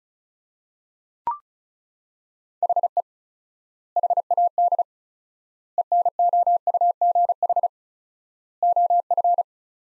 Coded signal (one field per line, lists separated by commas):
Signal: Morse code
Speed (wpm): 36 wpm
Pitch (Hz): 700 Hz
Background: none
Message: HE HAD ENOUGH OF